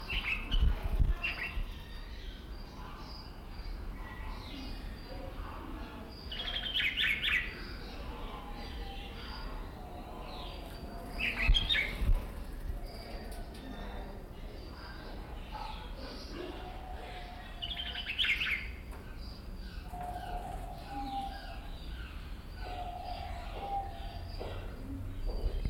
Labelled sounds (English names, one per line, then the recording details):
Common Bulbul
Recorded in captivity
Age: adult
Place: Zoo Berlin, Berlin, DE
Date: 1992-11-07 10:59
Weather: bedeckt, 14°C
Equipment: Marantz CP 430, Sennheiser ME 80, Kopie Tesla B 116
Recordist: Tembrock, Günter